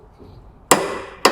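A click-type torque wrench tightens a blade bolt on the zero-turn mower deck of a John Deere Z920M. After quiet low rumble, the wrench gives a sharp metallic click at 0.7 s as it breaks over at its setting, and the sound rings on. A second, softer metallic clack follows at 1.2 s, and the bolt is confirmed torqued.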